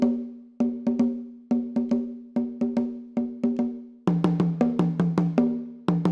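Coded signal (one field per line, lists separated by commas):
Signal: talking drum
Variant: Akan atumpan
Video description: plays some solo Atumpani - the talking drums that were used to send patterns of drum language over long distances in pre-modern times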